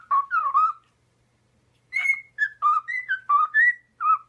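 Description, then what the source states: Cockatiel whistled song: a burst of wavering mid-pitched notes, a pause, then a run of short clear whistles rising and falling. Several cockatiels whistling, singing.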